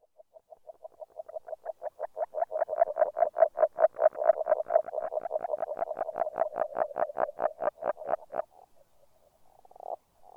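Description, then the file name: Agile frog calling: a long run of quick, pulsed croaking notes, swelling louder then stopping abruptly, followed by a few scattered notes. "salamandre. grenouille agile"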